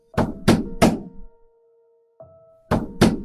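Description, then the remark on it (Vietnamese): Heavy pounding on a house's back door: three loud, booming thuds in quick succession, a pause filled by a faint sustained whine, then two more forceful blows. “Mới vừa đây, tiếng đập cửa còn là ở phía cửa chính, nhưng nay giọng nói u uất lạnh lẽo đã vòng ra cửa sau kèm với những cái đập mạnh hơn.”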